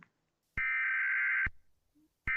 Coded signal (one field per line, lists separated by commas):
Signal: Emergency Alert System (SAME) tones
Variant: header bursts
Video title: Watching EAS Videos because yes